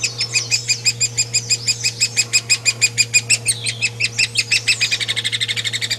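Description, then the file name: Hairy woodpecker call series: evenly spaced sharp high notes that quicken near the end into a rapid chattering run, over a low hum. Used as training audio for tutoring magpie robins, white-rumped shamas and leafbirds in songbird keeping. "platuk hairy untuk kacer murai cucak hijau"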